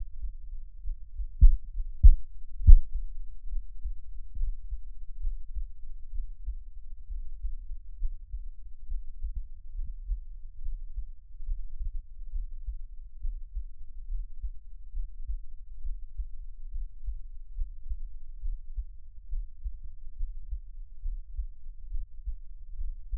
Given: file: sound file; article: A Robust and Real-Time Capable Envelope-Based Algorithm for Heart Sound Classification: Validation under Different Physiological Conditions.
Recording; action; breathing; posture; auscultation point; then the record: heart sounds by electronic stethoscope; rest; normal; lying on left side; Erb’s point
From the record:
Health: healthy, no known heart disease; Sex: male